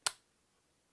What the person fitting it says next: hear that click that was good stuff